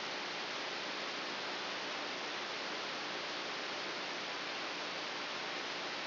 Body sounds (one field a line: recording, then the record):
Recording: brain microelectrode recording played as sound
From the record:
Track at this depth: inside the subthalamic nucleus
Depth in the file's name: 2.802 mm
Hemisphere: right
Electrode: 3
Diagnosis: Parkinson's disease